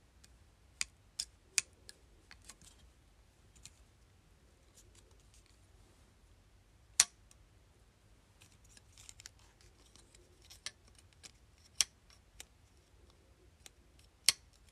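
A hair clip being handled, with sharp, bright clicks and snaps scattered irregularly across the clip, the loudest around the 7, 12 and 14 second marks. Between them come softer ticks and faint rustling over a low, steady hum.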